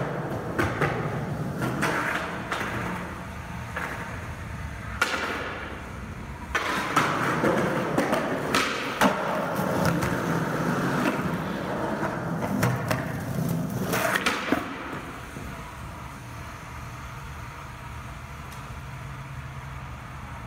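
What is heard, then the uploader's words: Skateboard wheels roll and rumble on pavement, with sharp clacks and slaps of boards landing or tipping at about 0.5, 2, 5, 6.5 and 14 seconds. The rolling is busiest through the first fifteen seconds, then fades to a quieter, steadier murmur. Skateboarding Sounds. Mix of random ppl skating.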